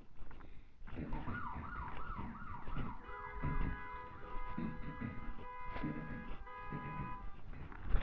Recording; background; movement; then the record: throat clearing; traffic; walking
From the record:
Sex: male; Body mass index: 23.7 kg/m2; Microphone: on the chest, facing the body